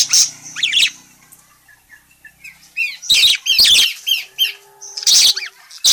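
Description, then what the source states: Parakeet squawks and chirps: harsh, scratchy bursts with short twittering notes between them, loud at the start, then pausing and resuming with several sharp squawks. Calling vigorously and often ('gacor').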